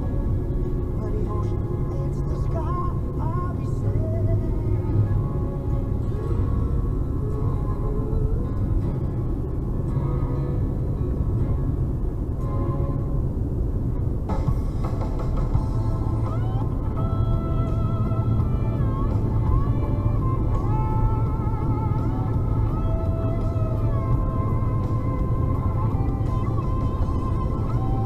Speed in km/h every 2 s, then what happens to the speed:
72, 72, 75, 77, 79, 81, 83, 83, 87, 87, 88, 90, 92, 92.
0-28 speeds up to 92.